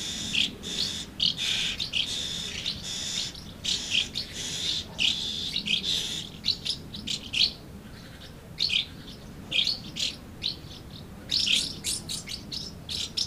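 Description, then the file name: Swallows twittering in busy bursts of high chirps, some thinning to spaced single notes, then a dense flurry near the end. Recorded at Amblagnieu on 2 July 2017 with an MZ-N710 recorder. "MZ-N 710 Hirondelles Amblagnieu 2 07 17"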